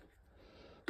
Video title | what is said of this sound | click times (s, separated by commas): Distributor Cap, Rotor, and Spark Plug change on Malibu Monsoon | Put that coil wire in there. Good. They're all clicked down. You hear them all click as you put them in. | 0.9 s